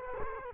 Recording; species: mosquito wingbeat signal from an infrared sensor; Culex quinquefasciatus